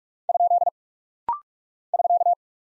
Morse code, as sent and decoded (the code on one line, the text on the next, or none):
..--.. / ...-.-
? <SK>